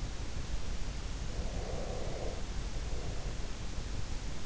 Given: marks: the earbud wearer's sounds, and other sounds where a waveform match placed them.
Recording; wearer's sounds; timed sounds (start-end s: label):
sounds in sleep by an in-ear microphone; breath
1.23-3.70 s: breath